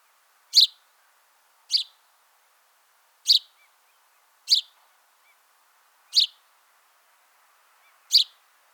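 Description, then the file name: House sparrow giving six brief, bright chirps spaced roughly every one and a half seconds, with near silence between them. "Passer domesticus"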